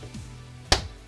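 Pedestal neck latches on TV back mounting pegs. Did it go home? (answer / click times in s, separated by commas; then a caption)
yes / 0.7 s. Plastic latches on a pedestal neck, pushed up onto the mounting pegs on the back of a Samsung S95B series OLED TV, are closed by hand. A sharp, loud snap sounds at 0.7 s over a quiet background, and the latches are shut and seated.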